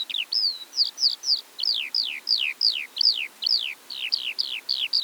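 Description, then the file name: Eurasian skylark giving a steady series of high downslurred chirps in an even, repeating rhythm. Eastern Europe. "Stimmen der Natur aus Osteuropa - Feldlerche"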